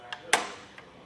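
The front wheel hook arm of a Saris MHS UNO hitch bike rack tray is lowered while its release lever is pressed, and it locks into its pivot detent at the 45-degree angle. A faint tick at 0.1 s is followed by a sharp metallic clunk at 0.3 s as the arm seats, then a softer tick near 0.8 s. The arm only secures once it reaches that 45-degree position.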